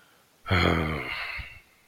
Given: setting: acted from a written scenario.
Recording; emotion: vocal sound without words; disappointment